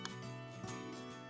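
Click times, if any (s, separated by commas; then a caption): 0.1 s. The clip side and hook side of the leg rest wire plug on a 2024 ComfyGo X-9 power chair are lined up and pushed together into the mating connector. A short snap is heard at 0.1 s over steady background music, and the connector is locked in place.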